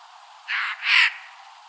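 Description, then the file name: Eurasian jay with a hoarse, two-part screech, the second half stronger than the first. "Garrulus glandarius"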